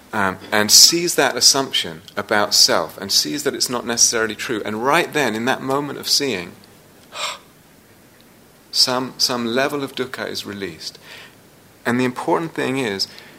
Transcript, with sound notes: and sees that assumption about self, and sees that it's not necessarily true. And right then in that moment of seeing ---- [relieved sigh] some level of dukkha is released. And the important thing is,